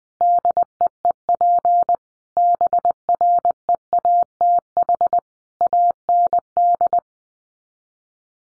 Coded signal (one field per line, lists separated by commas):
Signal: Morse code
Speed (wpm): 20 wpm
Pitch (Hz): 700 Hz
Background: none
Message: DEEP BREATH AND